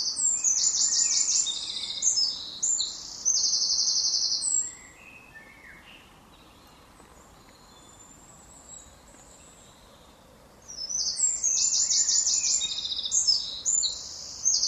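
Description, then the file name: Eurasian wren singing two bursts of shrill, fast trills and rattling notes, each about four to five seconds long, separated by six seconds of quiet background hiss. "Troglodytes troglodytes"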